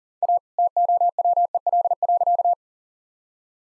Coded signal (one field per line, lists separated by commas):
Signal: Morse code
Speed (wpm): 38 wpm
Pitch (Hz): 700 Hz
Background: none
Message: A TOWEL.